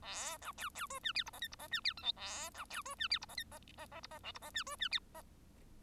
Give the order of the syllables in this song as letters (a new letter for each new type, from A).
A B C C D E F G H I G H E F J K A B C D E F G H I H H H G H L G H E D E F H